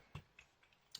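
A part of a second plastic spinning top is pressed into its mating part. Two faint ticks come at about 0.2 s and 0.4 s, then a sharp click at 0.9 s as the part seats.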